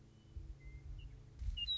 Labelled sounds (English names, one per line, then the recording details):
Western Meadowlark
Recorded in Sonoma County, California